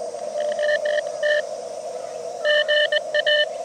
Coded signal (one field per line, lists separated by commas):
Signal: Morse code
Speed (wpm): 17 wpm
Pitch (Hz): 600 Hz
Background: radio noise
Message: OT GA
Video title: 秋の気配？ CQ POTA 公園から初心者CW 移動運用 18WPM まだまだ暑い 日中コンディション回復？ JA-1229 砧公園 2023/09/10 アマチュア無線 VLOG 319